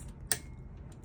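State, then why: Seated. A bobbin case is reached in by hand under an industrial lock-stitch sewing machine and pushed onto the rotary hook post. It gives one sharp, bright click at 0.3 s over low background noise. The click confirms the bobbin case is seated.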